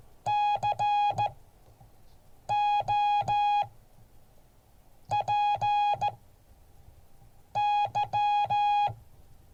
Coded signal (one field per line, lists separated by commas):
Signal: Morse code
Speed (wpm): 14 wpm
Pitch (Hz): 830 Hz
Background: none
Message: COPY